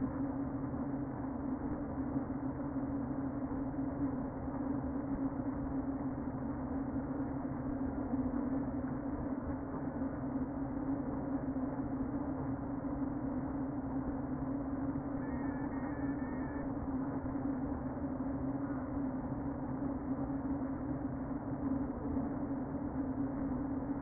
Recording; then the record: honeybee colony, microphone inside the hive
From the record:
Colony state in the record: queen present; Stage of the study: before two queens were removed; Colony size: about 60,000 bees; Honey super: yes